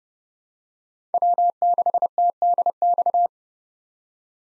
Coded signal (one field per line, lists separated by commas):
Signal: Morse code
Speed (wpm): 31 wpm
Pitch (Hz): 700 Hz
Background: none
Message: W6TDX